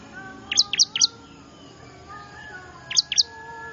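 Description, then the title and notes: Bar-winged prinia: three sharp, high chips, a pause, then two more, against a faint humming background. Lure call used to attract wild small birds, described as noisy; prinia known locally as ciblek, in Indonesian. "Suara Pikat Burcil Ribut Ngabisin Burung Liar Ini. ciblek"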